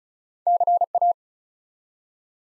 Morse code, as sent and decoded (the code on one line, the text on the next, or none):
-.-. .-
CA